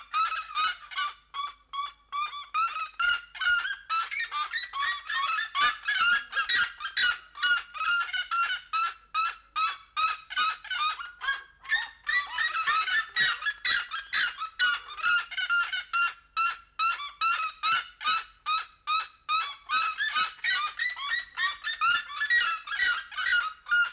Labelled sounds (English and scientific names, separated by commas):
Red-legged Seriema (Cariama cristata) call